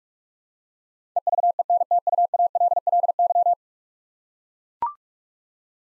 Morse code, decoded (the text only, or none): EVENTUALLY